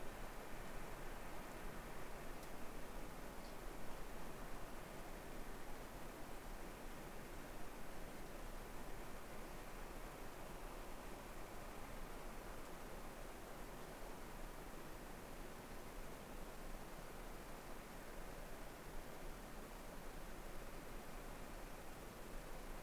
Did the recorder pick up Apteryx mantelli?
no